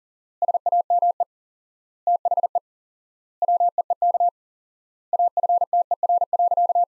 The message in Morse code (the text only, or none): SAME THE WEEK AFTER.